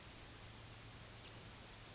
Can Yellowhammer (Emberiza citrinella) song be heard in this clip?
no